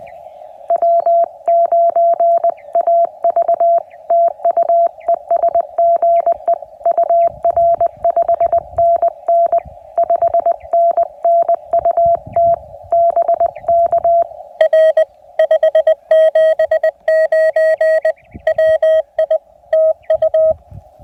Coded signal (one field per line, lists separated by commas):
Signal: Morse code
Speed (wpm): 20 wpm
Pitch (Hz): 690 Hz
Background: none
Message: W9AV TU ES GE UR 5NN 5NN UT BK R 579 WI TU